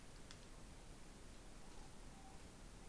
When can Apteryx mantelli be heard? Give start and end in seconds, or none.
none